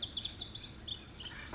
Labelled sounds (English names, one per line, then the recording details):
Pacific Wren
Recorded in Sonoma County, California